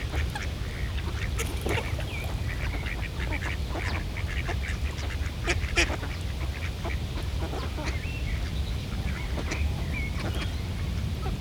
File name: Eenden in een vijver - Sound Cloud - Beeld en Geluid